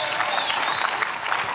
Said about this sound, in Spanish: Digo, ese aplauso aguado es suyo.